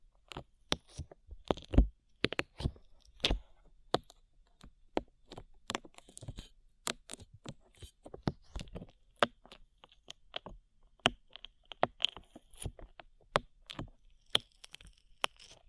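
Slime being worked with the hands gives sticky, wet pops and clicks, several every second at an uneven pace and varying loudness. The crisp snaps are densest in the first few seconds. A faint squelchy hiss runs under the popping toward the end.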